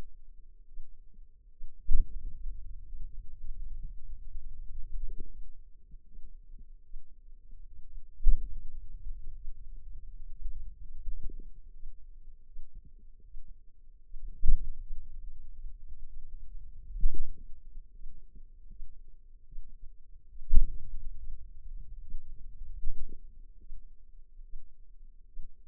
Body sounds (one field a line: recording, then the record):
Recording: forearm muscle sounds (acoustic myography)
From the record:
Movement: finger pinch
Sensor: system 2, bracelet of six BSWA MPA416 microphones around the upper forearm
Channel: 1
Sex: female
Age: 25 years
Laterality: right